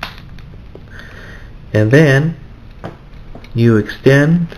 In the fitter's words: You pull these out like that, and they snap into place.